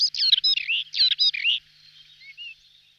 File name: Skalnik zpevny Monticola saxatilis